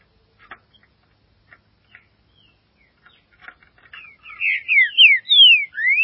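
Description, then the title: Green-winged saltator song: soft scattered chips build into a run of loud, clear slurred whistles. "Trinca Ferro"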